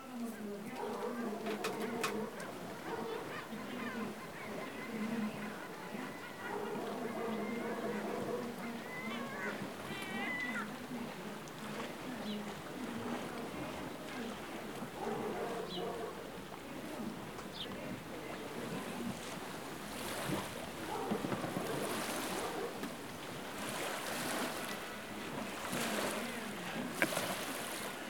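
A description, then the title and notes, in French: A morning on a Greek island, with people talking steadily through the whole recording. Brief bird chirps break in now and then, and in the last third, from about twenty seconds on, louder rushing splashes of water surge in several times. An another beautiful morning. Plongée sonore au coeur de l'île d'Alonissos (Grèce). Enregistré en juin 2012.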